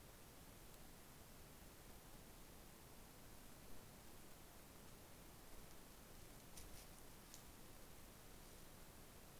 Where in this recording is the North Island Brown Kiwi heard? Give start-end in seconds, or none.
none